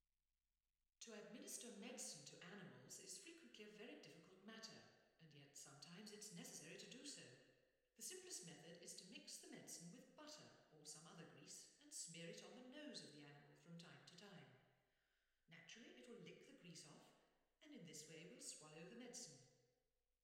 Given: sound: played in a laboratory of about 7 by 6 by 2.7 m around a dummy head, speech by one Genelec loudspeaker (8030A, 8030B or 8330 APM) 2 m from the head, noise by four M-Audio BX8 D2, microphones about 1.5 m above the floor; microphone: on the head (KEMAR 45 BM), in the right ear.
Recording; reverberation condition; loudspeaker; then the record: female speech in English; high; 30 degrees to the right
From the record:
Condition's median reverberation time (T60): about 1300 ms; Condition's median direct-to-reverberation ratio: about -4.0 dB